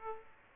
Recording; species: mosquito wingbeat signal from an infrared sensor; Aedes aegypti